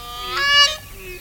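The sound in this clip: Grey crowned crane giving a single honking call, a rich harmonic note that swells and rises slightly before breaking off, followed by a faint trailing tone.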